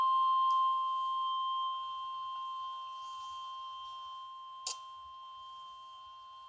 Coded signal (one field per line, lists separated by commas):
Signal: Emergency Alert System (SAME) tones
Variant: 1050 Hz attention tone